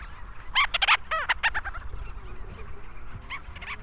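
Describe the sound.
Leach's storm petrel chattering: a fast, uneven series of staccato, harmonic-rich notes, with fainter similar chattering later and a steady low background rumble.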